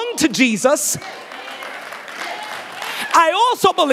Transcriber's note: applause